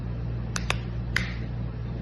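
A plastic back cover is pressed onto a phone body after a part has been inserted, snapping on with sharp clicks at 0.6, 0.7 and 1.2 seconds over a steady low hum. The cover seats into place with no issues.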